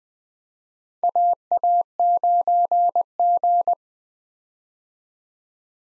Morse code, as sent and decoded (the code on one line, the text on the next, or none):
.- .- ----. --.
AA9G